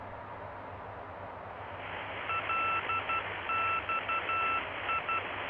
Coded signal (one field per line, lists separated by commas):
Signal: Morse code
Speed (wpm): 12 wpm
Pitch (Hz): 1330 Hz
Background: none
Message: LXI